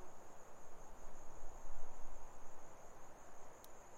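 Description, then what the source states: Grasshopper stridulation, a steady high buzz running throughout, over a low roar of wind with gusts swelling and fading. Grasshoppers stridulating on a lukewarm autumn afternoon, 6 May 2015, arid Barrier Ranges near Broken Hill, Australian outback; wind through desert she-oaks.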